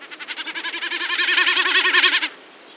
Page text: Common Snipe Drum. Quick Sounds